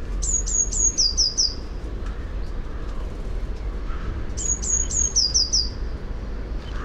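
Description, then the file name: Eurasian blue tit giving two bright, very high phrases a few seconds apart, each starting with level notes and ending in fast downward slurs, over low background rumble. "Cyanistes caeruleus"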